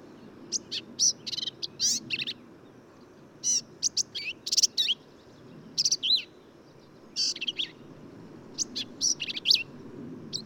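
Black-capped vireo song, a busy sequence of varied high buzzy and slurred phrases in quick succession with brief gaps, over light background hiss.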